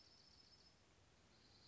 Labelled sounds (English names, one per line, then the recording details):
Dark-eyed Junco
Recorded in Sonoma County, California